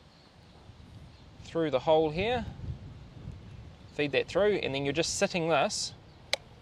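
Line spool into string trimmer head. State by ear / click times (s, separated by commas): seated / 6.3 s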